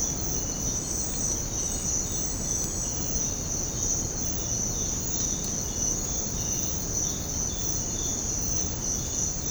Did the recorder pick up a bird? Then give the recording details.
no. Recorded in secondary vegetation near Puerto Asís, Putumayo, Colombia, on 9 March 2025 at 06:00. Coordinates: 0.481, -76.318. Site G097